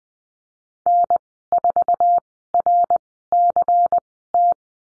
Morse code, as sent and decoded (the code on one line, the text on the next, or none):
-. ....- .-. -.-. -
N4RCT